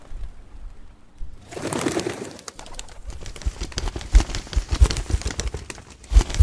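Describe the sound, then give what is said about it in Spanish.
Hundreds of pigeons burst into flight at the Olympics, a sudden rush of flapping wings that swells after a quiet start and continues as a dense, irregular flutter with occasional soft cooing. “Cientos y cientos de palomas comenzaron a volar sobre nosotros.”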